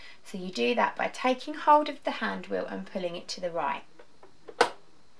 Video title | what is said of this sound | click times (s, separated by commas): Threading your front loading sewing machine | you should hear a nice click | 4.6 s